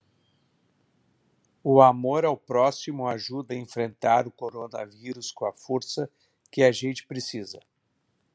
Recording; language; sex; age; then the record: spoken sentence; Brazilian Portuguese; male; 50 to 59 years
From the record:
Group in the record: control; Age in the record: 56 years